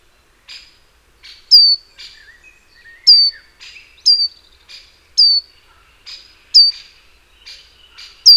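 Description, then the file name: Great tit calling, sharp high descending notes repeated roughly every one to two seconds, mixed with softer chirps. "Parus major"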